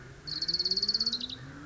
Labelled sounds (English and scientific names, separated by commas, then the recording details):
Orange-crowned Warbler (Leiothlypis celata)
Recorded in Sonoma County, California